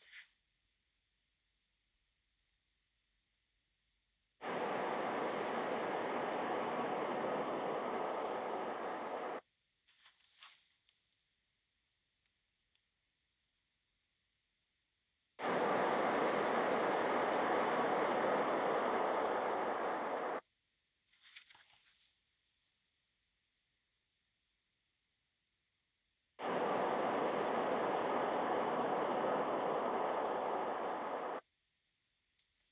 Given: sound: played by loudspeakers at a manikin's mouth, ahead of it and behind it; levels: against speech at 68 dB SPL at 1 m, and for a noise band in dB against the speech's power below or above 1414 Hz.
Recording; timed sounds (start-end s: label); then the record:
test signals for a remote microphone
4.39-9.39 s: speech-spectrum noise from the mouth, turned 45 degrees left
15.39-20.39 s: speech-spectrum noise from the mouth, facing ahead
26.39-31.39 s: speech-spectrum noise from the mouth, turned 45 degrees right
From the record:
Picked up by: remote microphone D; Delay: 24 ms